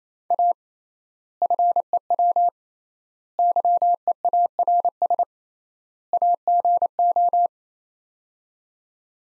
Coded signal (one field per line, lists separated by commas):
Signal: Morse code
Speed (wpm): 28 wpm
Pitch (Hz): 700 Hz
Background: none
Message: A FEW YEARS AGO